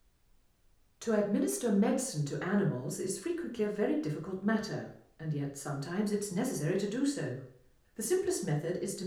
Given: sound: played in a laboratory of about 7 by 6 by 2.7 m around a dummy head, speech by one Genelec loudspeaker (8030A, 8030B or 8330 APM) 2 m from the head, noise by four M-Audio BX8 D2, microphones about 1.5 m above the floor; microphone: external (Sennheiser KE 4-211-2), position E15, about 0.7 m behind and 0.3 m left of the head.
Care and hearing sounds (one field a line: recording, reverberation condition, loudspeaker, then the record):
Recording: female speech in English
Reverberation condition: medium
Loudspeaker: 60 degrees to the left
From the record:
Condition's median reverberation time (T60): about 510 ms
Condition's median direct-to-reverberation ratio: about -0.5 dB